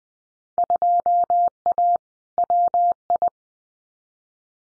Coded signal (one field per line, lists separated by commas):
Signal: Morse code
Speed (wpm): 20 wpm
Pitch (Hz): 700 Hz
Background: none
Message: 2A WI